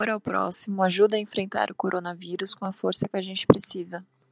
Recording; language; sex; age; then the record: spoken sentence; Brazilian Portuguese; male; 20 to 29 years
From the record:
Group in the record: control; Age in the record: 23 years